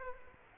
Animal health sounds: mosquito wingbeat signal from an infrared sensor; Culex quinquefasciatus

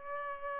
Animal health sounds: mosquito wingbeat signal from an infrared sensor; Culex pipiens

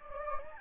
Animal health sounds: mosquito wingbeat signal from an infrared sensor; Anopheles gambiae

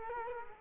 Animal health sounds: mosquito wingbeat signal from an infrared sensor; Culex quinquefasciatus

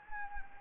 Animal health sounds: mosquito wingbeat signal from an infrared sensor; Anopheles gambiae

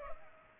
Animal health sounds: mosquito wingbeat signal from an infrared sensor; Culex pipiens

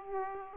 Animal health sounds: mosquito wingbeat signal from an infrared sensor; Aedes aegypti

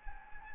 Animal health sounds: mosquito wingbeat signal from an infrared sensor; Anopheles gambiae

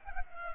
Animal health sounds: mosquito wingbeat signal from an infrared sensor; Culex pipiens

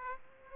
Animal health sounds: mosquito wingbeat signal from an infrared sensor; Aedes aegypti

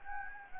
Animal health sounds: mosquito wingbeat signal from an infrared sensor; Anopheles gambiae

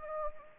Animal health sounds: mosquito wingbeat signal from an infrared sensor; Anopheles gambiae

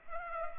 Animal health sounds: mosquito wingbeat signal from an infrared sensor; Culex pipiens

